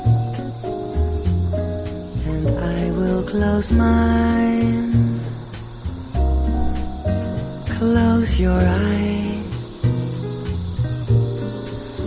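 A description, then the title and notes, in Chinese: Cicadas shrill steadily in the trees, a constant high hiss running through all twelve seconds. Beneath it a relaxed jazz tune plays, with a walking low bass, sustained chords and melody notes that swell around four and eight seconds. 一座城市的声音记忆：蝉鸣。大狗采集了树上蝉儿的鸣叫，配上慵懒的爵士乐曲。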